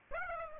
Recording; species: mosquito wingbeat signal from an infrared sensor; Aedes aegypti